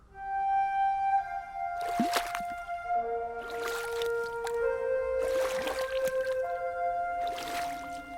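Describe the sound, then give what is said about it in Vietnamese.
Slow, rhythmic splashes of a small wooden sampan boat drifting slowly on a wide river at night, about every two seconds, over a steady, eerie tonal drone with long sustained notes. “Giữa đêm tối, trên mặt sông mênh mông, có chiếc ghe tam bản lừ lừ chậm chạp trôi.”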